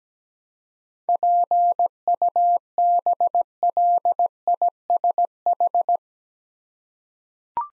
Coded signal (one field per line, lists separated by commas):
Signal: Morse code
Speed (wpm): 17 wpm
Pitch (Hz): 700 Hz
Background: none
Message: PUBLISH